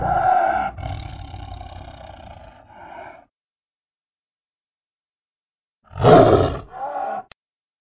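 Tiger roars, a long harsh growling roar fading over three seconds, a pause, then a loud short roar followed by a weaker roaring tail.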